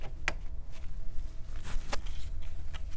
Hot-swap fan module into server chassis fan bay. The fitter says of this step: put the fan modules back in and they'll just kind of slide and click into place and